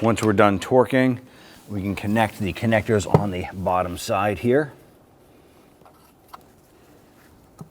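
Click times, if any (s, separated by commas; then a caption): none. A wiring harness connector is handled at the sensor on the bottom of a new oil filter housing and cooler on a 2011–2021 Jeep Grand Cherokee 3.6L V6, after the housing bolts have been torqued. Someone talks for the first few seconds, then quiet handling follows with small sharp ticks near 6.3, 6.4, 7.6 and 7.7 seconds. Nothing has seated or clicked yet when the clip ends.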